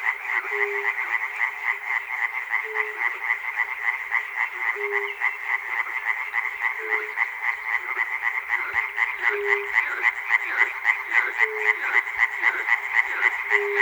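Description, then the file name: Frogs in a steady, thick chorus of quick croaks, about four a second, joined by brief low sustained notes repeating every couple of seconds. Frogs recorded at Chernobyl. "peter cusack-chernobyl frogs"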